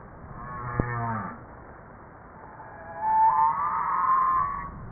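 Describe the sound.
Humpback whale calls: a short harmonic moan with a sharp click, then a higher, smoother wavering tone holding for over a second.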